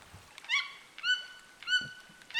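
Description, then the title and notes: Toucan calls, three loud harmonic yelping notes in quick succession over a quiet background. Amazon rainforest, flooded forest of Petit Saut lake, recorded from a canoe approaching a bank where birds sing, sunny late afternoon, far from city noise. "Le chant des toucans. la forêt amazonienne. la forêt inondée du lac de petit saut. une berge où des oiseaux chantent, par cette fin d’après-midi ensoleillée"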